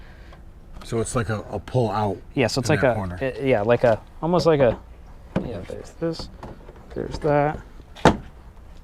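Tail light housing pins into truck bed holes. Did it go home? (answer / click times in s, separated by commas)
yes / 8.1 s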